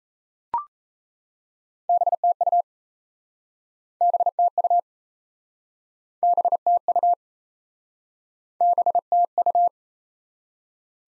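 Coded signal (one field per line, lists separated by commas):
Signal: Morse code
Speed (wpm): 36 wpm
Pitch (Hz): 700 Hz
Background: none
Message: BTU BTU BTU BTU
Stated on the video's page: Morse practice of common QSO elements in speed-racing format, starting fast and slowing to a 28 wpm base speed, with a final repeat at maximum speed.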